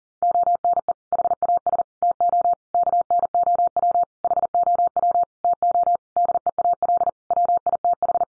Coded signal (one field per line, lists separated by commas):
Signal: Morse code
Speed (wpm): 40 wpm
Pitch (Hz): 700 Hz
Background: none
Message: ONE HAS TO KNOW HOW TO DEAL WITH